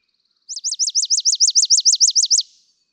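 Chipping sparrow singing one rapid, mechanical trill of many sharp repeated notes, steady in pitch, lasting nearly two seconds.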